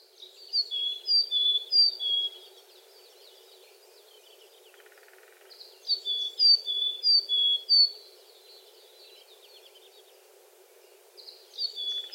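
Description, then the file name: Willow tit giving bursts of high whistled notes stepping between two pitches, three short phrases separated by pauses of several seconds, over a faint steady hiss. Recorded in Shiga, Japan, on 24 April 2020. "kogara shiga"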